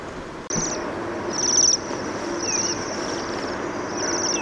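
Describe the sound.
Bohemian waxwing calls: several short, high, ringing buzzy trills repeated about once a second after a sharp click at the start, over steady background noise.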